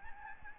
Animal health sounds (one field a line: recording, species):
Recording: mosquito wingbeat signal from an infrared sensor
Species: Aedes albopictus